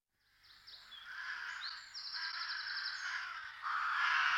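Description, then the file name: Rook calls: hoarse caws that swell in from quiet and build, with higher rasping, stuttered notes mixed through them. "Gawron"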